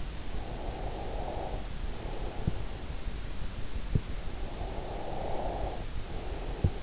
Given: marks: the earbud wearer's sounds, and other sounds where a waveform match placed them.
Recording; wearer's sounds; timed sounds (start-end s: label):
sounds in sleep by an in-ear microphone; breath
0.16-2.67 s: breath
4.19-6.83 s: breath